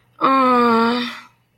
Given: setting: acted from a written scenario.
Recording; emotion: vocal sound without words; sympathy